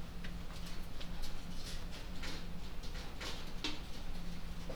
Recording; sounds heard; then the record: poultry house recording; no chicken sound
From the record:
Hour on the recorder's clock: 20